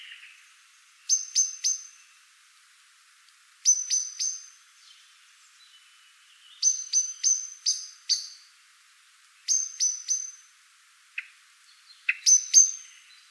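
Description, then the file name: Common blackbird giving sharp, metallic chinking calls in quick bursts of three to five notes, each burst repeated roughly every two to three seconds. "Turdus merula"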